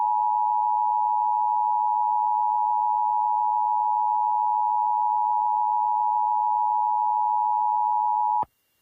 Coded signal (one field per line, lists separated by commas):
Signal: Emergency Alert System (SAME) tones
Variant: 853 and 960 Hz attention tone